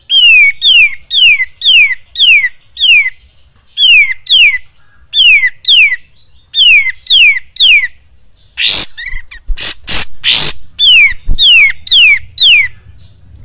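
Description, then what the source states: Sooty-headed bulbul song: steady series of falling whistled notes, a brief burst of harsh scratchy sounds, then more whistles. Masteran (training song) of the kapas tembak.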